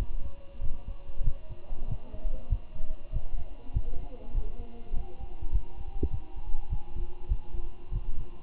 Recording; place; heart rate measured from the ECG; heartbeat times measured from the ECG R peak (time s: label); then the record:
heart sounds by stethoscope; between the tricuspid and mitral areas; 99 bpm
0.62 s: heartbeat
1.24 s: heartbeat
1.88 s: heartbeat
2.50 s: heartbeat
3.13 s: heartbeat
3.74 s: heartbeat
4.35 s: heartbeat
4.94 s: heartbeat
5.52 s: heartbeat
6.11 s: heartbeat
6.70 s: heartbeat
7.29 s: heartbeat
7.92 s: heartbeat
From the record:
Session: walking at 3.7 km/h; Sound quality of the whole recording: good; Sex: male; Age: 23 years